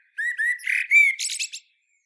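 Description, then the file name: Common blackbird song phrase: a few low fluted whistles rising slightly in pitch, ending in a quick squeaky, twittering flourish, all within under two seconds. "Turdus merula"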